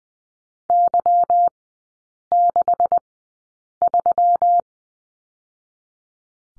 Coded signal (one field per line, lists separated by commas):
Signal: Morse code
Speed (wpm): 20 wpm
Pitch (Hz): 700 Hz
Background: none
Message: Y63